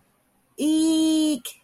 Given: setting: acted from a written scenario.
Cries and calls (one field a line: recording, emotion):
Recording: vocal sound without words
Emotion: fear